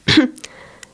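One short, harsh cough burst from an adult woman, acted as an imitation of a whooping cough (pertussis), followed by faint clicks.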